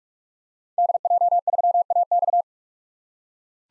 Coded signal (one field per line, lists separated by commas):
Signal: Morse code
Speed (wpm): 41 wpm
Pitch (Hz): 700 Hz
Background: none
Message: DJ3AX